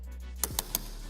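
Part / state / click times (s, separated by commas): fuel filler cap into car fuel filler neck / torque reached / 0.4 s, 0.6 s, 0.8 s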